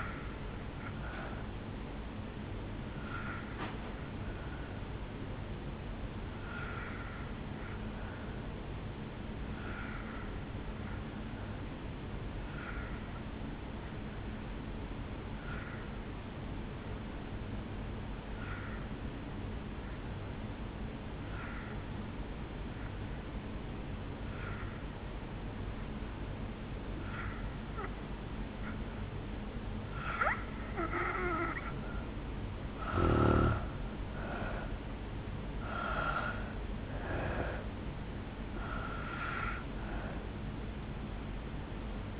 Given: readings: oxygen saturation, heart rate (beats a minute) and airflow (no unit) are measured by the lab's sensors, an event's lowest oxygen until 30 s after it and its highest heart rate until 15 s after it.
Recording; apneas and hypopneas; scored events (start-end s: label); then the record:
breathing in sleep by a voice recorder at the bedside; 1
4.00-31.30 s: hypopnea (N2, oxygen 92% highest, then 80% lowest, heart rate 66 at the start, 73 highest)
From the record:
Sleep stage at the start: N2 (light sleep); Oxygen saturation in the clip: 82 to 92%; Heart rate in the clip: 57 to 73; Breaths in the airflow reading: 7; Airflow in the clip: -8.2 to 3.6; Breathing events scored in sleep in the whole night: 449 in 7.0 hours asleep